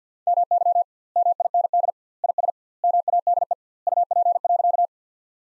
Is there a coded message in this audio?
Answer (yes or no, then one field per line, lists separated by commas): yes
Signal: Morse code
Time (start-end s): 0.3-4.9 s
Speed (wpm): 50 wpm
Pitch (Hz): 700 Hz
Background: none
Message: MY MIND IS MADE UP.